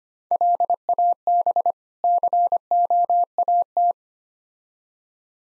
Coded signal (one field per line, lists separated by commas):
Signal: Morse code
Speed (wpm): 30 wpm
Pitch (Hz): 700 Hz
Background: none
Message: LAB COAT